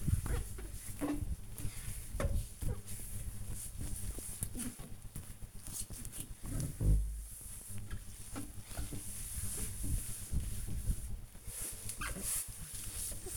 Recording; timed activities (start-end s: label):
household activities, microphone on the right wrist
0.00-13.37 s: bathroom cleaning (washbasin)